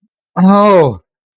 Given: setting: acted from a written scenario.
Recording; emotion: vocal sound without words; distress